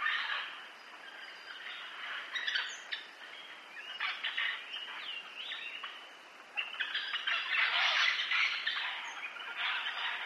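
Parrot giving harsh squawks and short screeches, quieter stretches between louder bursts, loudest toward the end.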